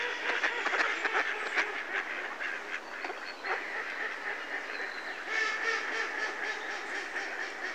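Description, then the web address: Mallard calls, a busy run of short nasal quacks, uneven and almost continuous throughout. Close-up. "BBC Sound Effects Library. Mallard (Anas Platyrhynchos)"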